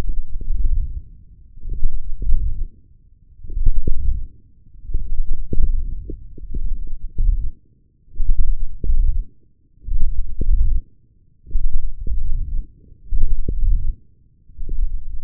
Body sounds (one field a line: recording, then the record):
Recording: forearm muscle sounds (acoustic myography)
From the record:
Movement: wrist extension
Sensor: system 1, eight BSWA MPA416 microphones around the upper forearm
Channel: 5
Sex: male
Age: 18 years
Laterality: right